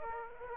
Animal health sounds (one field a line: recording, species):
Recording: mosquito wingbeat signal from an infrared sensor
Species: Aedes aegypti